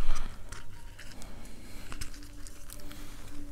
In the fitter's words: there we go you can hear that click